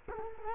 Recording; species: mosquito wingbeat signal from an infrared sensor; Culex quinquefasciatus